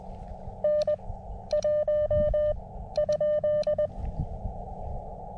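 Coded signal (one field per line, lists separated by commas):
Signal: Morse code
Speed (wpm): 20 wpm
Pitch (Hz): 590 Hz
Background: none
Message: N 1 ?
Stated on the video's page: Morse from a slow CW POTA activation at K-2099 by a lake, using a KX2 and Gabil antenna, in difficult solar conditions.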